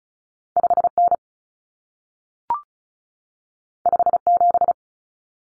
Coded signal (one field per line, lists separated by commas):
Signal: Morse code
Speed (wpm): 36 wpm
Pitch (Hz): 700 Hz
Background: none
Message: 5N 57